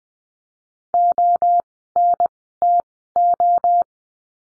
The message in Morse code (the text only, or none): ONTO